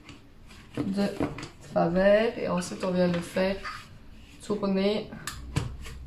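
A plastic lid is set slightly askew on the bowl of an IKOHS Chefbot kitchen robot and turned to clip it in place, while someone talks over faint handling noises and a short knock near 5.6 seconds. The lid has not seated or clicked onto the bowl yet.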